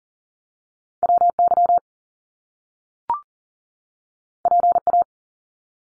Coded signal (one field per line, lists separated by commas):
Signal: Morse code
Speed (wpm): 42 wpm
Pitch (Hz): 700 Hz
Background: none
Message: WY PA